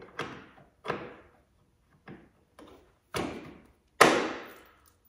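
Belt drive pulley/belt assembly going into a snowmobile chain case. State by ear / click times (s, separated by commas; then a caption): seated / 4.0 s. An MVM belt drive pulley and belt assembly for a 2021–2024 Ski-Doo or Lynx snowmobile is fitted by hand into the chain case, snug over the idler pulley flanges, rocked forward and then rolled back while the installer sits on the running board for room near the toe plate. A series of knocks and thuds rings out around 0.2, 0.9, 2.1, 2.6 and 3.2 seconds, then a loud, sharp snap at 4.0 seconds as the assembly pops into place and is seated.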